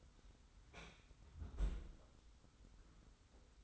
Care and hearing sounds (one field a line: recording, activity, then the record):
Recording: daily activity, microphone in the room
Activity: close fridge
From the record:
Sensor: 3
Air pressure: 991.0 hPa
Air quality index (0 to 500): 118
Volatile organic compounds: 83 ppm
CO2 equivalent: 3632 ppm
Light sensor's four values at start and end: 36/86/35/32 and 36/86/34/32